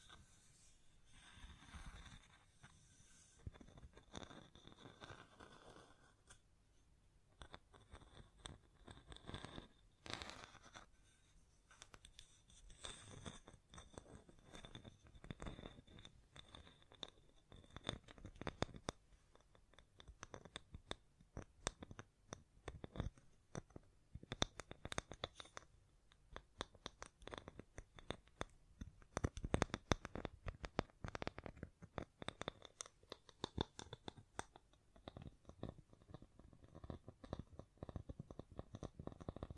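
Dense, irregular tapping and scratching with brushing hand sounds on the mic, quick crisp clicks throughout, growing busier and louder after about twenty-five seconds.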